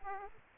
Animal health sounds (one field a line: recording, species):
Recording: mosquito wingbeat signal from an infrared sensor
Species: Aedes aegypti